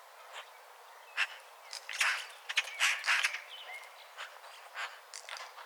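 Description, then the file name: Eurasian magpie giving harsh, scratchy chattering notes bunched midway, mixed with thin chirps and short whistled notes. "Pica pica"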